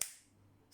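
Another edge of a plastic case is pressed onto an Honor Magic V3 folding phone and snaps on with one sharp, bright click at 0.0 s. The click fades over the next fraction of a second, leaving a faint low hum, with a short hiss rising at the very end. The case edge is seated.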